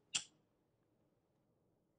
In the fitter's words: attach a sole slide it through the path along the prongs and push it in until it clicks